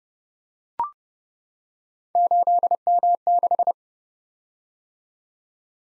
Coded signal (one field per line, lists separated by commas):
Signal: Morse code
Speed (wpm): 28 wpm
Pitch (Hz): 700 Hz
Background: none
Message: 8M6